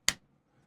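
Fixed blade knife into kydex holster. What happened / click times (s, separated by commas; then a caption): The blade snapped into its hard sheath / 0.1 s. A Black Bird Blades Magnacut Grackle fixed-blade knife, fitted with lighter titanium scales, is pushed into its kydex holster and snaps home with a single sharp, bright click at 0.1 s. Only faint low rustling follows. The knife is seated and retained in the sheath.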